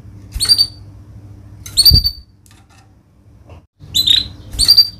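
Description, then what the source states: Canary giving a few short bright chirps with a long pause between them, over a faint low hum. Vigorous canary singer ('gacor') praised for the best 'cengkok' song phrasing and the most luxurious 'isian' fill-in notes; Indonesian songbird-keeping (kicaumania) context.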